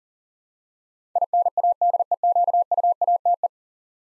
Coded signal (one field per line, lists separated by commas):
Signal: Morse code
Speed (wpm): 40 wpm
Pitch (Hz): 700 Hz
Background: none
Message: INADEQUATE